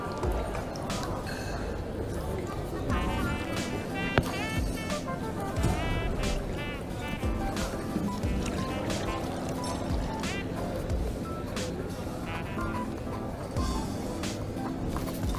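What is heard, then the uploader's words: A busy coffee shop hums with overlapping conversation, many voices blending into a steady, dense murmur. Short clinks and clatters of cups and dishes break through now and then, with one sharp knock near the four-second mark. Coffee shop ambience. Voices. Cutlery.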